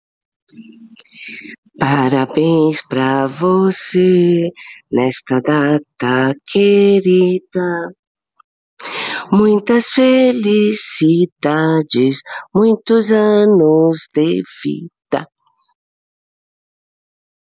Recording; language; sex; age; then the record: short text; Brazilian Portuguese; female; 60 to 69 years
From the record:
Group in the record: control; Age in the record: 67 years